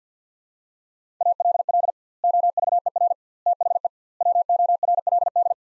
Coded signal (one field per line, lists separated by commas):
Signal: Morse code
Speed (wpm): 50 wpm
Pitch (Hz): 700 Hz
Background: none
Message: ALL OVER THE WORLD